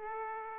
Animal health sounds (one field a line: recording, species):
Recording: mosquito wingbeat signal from an infrared sensor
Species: Aedes aegypti